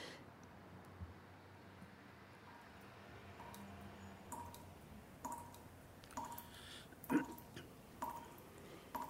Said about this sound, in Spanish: En aquel silencio se escuchaba a su espalda un ruido cercano como si fuese un goteo.